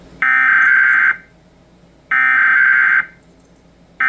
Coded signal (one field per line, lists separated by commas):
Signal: Emergency Alert System (SAME) tones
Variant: header bursts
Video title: VALID EAS TONES!!! NHSP Monthly EAS Test @345PM